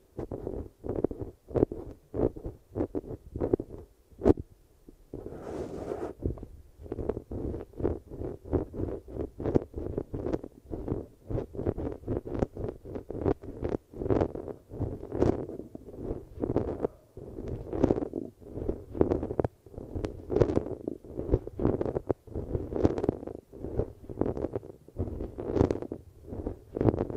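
An eardrum massage: soft, muffled rubbing strokes pulse against the microphone in a steady, fairly quick rhythm, roughly two or three per second throughout. The strokes are low and padded, with faint crackle on some. A sharp click near four seconds precedes a brief, hissier scratch.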